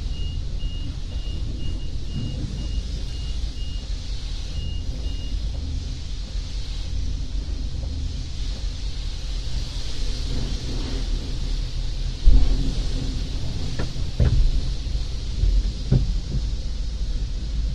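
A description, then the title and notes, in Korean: Inside a car going through an automatic car wash, a steady low rumble of machinery fills the cabin under a constant hiss of spraying water. From about twelve seconds on, a few sharper knocks and thumps land against the car, louder than the rest. 자동차 자동세차 안에 들어갔을 때. 지잉지잉 기계음.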